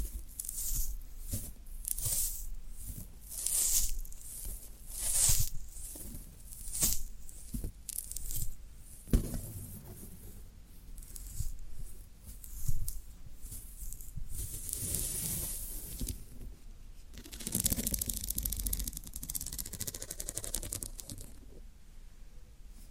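Floral foam being worked, with crisp, bright crunching and scraping bursts that come roughly once a second for the first nine seconds. Afterward the handling turns denser and grittier, with a longer hissing scrape from about 17 to 21 seconds and low soft thuds underneath.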